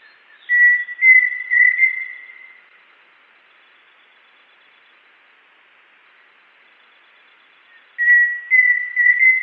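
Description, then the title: Pheasant cuckoo giving a pure whistled phrase of about three notes ending in a wavering, held tone; after a long pause a second phrase begins. "LuckyPassaro Completos2Sama. Pheasant Cuckoo (Dromococcyx phasianellus)"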